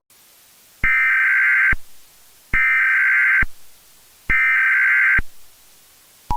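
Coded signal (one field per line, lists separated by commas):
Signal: Emergency Alert System (SAME) tones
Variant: header bursts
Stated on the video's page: Fictional zombie EAS scenario, not a real alert.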